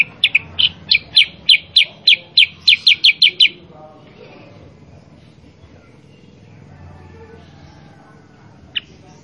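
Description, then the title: Sooty-headed bulbul song: a quick burst of many clipped, bright chirps over about three seconds, then near silence with one last isolated note. Masteran training song for cage birds, gacor style of energetic nonstop singing, played to prompt other kept birds to answer and copy. "Masteran Kutilang Sutra. Kutilang Sutra mana YANG GAK NYAUT dan IKUT BUNYI GACOR dengan suara Kutilang Sutra Super GACOR Ini"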